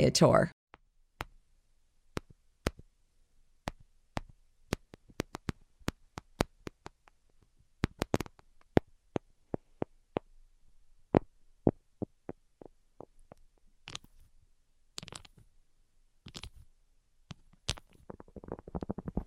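Tapping in sharp, dry clicks, spaced irregularly with quiet gaps between them, sometimes single and sometimes in quick clusters, busiest around the middle. A denser, rustling burst opens the clip, and a softer scratchy rustle returns near the end.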